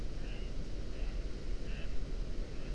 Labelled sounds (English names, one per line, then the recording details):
Mallard
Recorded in Germany
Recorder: ecoPi